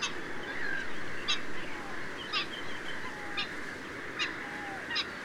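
Black-winged stilt calling with brief, sharp notes repeated about once a second, fairly soft against a constant buzzing background.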